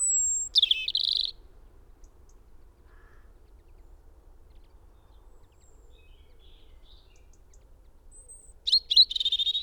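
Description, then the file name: European robin giving a short high whistle and tinkling flourish, several seconds of near silence, then another high, jangling phrase at the end. "Erithacus rubecula"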